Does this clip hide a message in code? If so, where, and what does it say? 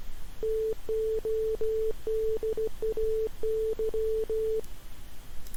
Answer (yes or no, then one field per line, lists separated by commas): yes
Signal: Morse code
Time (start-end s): 0.4-4.6 s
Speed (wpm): 15 wpm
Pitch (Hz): 440 Hz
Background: none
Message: TODAY